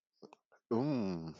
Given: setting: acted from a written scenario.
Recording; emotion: vocal sound without words; desire